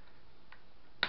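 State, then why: Released. Fingers pushed in at the sides of the plastic screen bezel on an MSI GE62 6QD Apache Pro laptop pull it gently away from the laptop lid. A faint tick sounds at 0.5 s, then a sharp click at 1.0 s as a bezel clip snaps free and the bezel releases.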